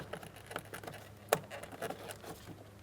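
The second plastic electrical connector, for the seat heater switch wiring, is lined up and pressed into its switch on the rear sliding door trim panel of a 2008–2016 Chrysler Town & Country. Light handling taps and rustles lead to one sharp click at 1.3 s, when the connector seats, followed by a few softer taps.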